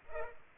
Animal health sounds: mosquito wingbeat signal from an infrared sensor; Culex pipiens

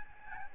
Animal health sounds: mosquito wingbeat signal from an infrared sensor; Aedes albopictus

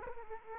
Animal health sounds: mosquito wingbeat signal from an infrared sensor; Aedes aegypti

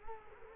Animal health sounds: mosquito wingbeat signal from an infrared sensor; Culex quinquefasciatus

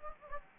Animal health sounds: mosquito wingbeat signal from an infrared sensor; Anopheles gambiae

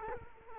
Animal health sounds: mosquito wingbeat signal from an infrared sensor; Culex quinquefasciatus

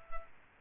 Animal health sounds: mosquito wingbeat signal from an infrared sensor; Culex quinquefasciatus

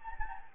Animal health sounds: mosquito wingbeat signal from an infrared sensor; Anopheles gambiae

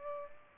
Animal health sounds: mosquito wingbeat signal from an infrared sensor; Culex pipiens

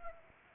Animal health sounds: mosquito wingbeat signal from an infrared sensor; Anopheles arabiensis

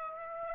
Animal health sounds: mosquito wingbeat signal from an infrared sensor; Aedes aegypti

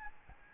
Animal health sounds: mosquito wingbeat signal from an infrared sensor; Aedes albopictus

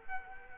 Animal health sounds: mosquito wingbeat signal from an infrared sensor; Culex quinquefasciatus

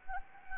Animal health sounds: mosquito wingbeat signal from an infrared sensor; Anopheles arabiensis

